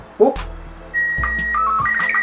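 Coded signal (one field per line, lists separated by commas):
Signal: SSTV (slow-scan television)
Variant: Robot 36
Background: speech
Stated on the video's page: SSTV images sent by amateur radio, including SSTV received from the International Space Station.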